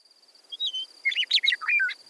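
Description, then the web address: Meadowlark song: clear whistled opening notes followed by a rapid jumble of flutelike, gurgling phrases, with a thin high background tone. Grassland bird of the Intermountain West; important in the creation story of the Nimiipuu (Nez Perce) people. "meadowlark and the monster. birdnote daily"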